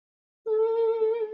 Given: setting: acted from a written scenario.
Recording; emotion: vocal sound without words; fear